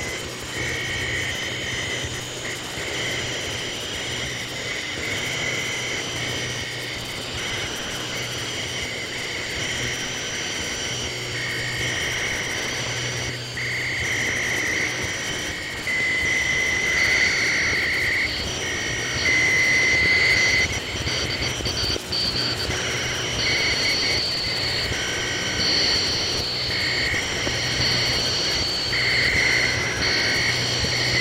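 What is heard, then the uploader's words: Electronic-sounding crickets keep up a steady, dense chorus of high, thin tones at several stacked pitches, some notes switching on and off. A low, engine-like hum runs underneath, and the whole texture grows slightly louder after the midpoint. Source recording of electronic crickets over Ohio circa summer 1995.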